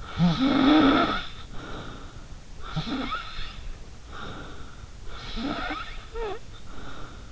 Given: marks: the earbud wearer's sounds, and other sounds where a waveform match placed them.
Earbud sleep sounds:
sounds in sleep by an in-ear microphone; snoring breath
0.03-2.32 s: snoring breath
2.64-4.80 s: snoring breath
5.08-7.31 s: snoring breath

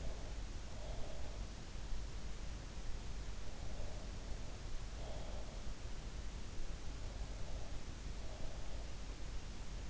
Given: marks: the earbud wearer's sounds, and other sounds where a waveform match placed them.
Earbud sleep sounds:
sounds in sleep by an in-ear microphone; breath
0.00-1.98 s: breath
3.81-6.01 s: breath
6.95-9.01 s: breath

